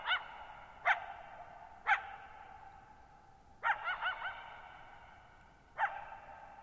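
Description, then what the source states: Coyote giving sharp single barks at roughly one-second intervals, a short run of wavering yips, then a final bark, all with lingering echo. Lone coyote at night, July 14, 2019, Thirtymile Meadows, Okanogan National Forest, 6400 ft (1950 m); shallow bowl-shaped meadows on a high, dry plateau forming a natural amphitheater.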